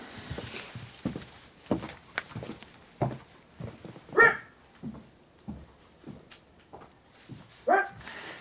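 A dog barks in short, irregular bursts, with a couple of sharper, louder yelps standing out among softer woofs and scuffling sounds; no one speaks.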